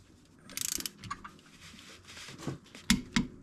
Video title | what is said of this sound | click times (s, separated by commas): 2024 Polaris Sportsman 570 Trail Break-In Service Tutorial | One, two clicks. All set. | 2.9 s, 3.2 s